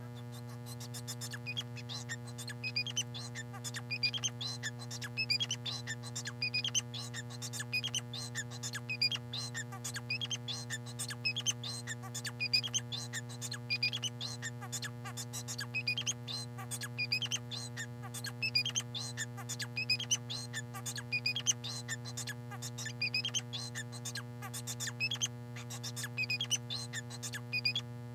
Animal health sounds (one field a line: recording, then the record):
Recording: song of a male Bengalese finch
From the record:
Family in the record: son of father 4